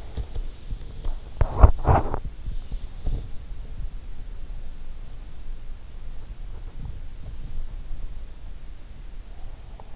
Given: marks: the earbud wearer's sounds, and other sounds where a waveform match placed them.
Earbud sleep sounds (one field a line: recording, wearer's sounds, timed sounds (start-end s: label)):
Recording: sounds in sleep by an in-ear microphone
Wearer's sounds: teeth grinding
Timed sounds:
0.00-3.60 s: teeth grinding